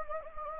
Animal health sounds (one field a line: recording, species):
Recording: mosquito wingbeat signal from an infrared sensor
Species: Anopheles gambiae